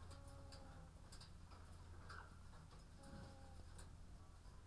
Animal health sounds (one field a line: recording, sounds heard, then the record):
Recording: poultry house recording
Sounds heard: sick chickens (respiratory disease)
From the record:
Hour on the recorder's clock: 14